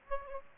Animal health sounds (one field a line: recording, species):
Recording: mosquito wingbeat signal from an infrared sensor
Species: Aedes aegypti